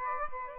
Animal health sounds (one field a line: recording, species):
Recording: mosquito wingbeat signal from an infrared sensor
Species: Aedes aegypti